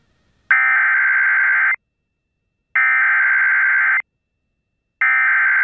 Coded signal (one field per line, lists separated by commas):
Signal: Emergency Alert System (SAME) tones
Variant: header bursts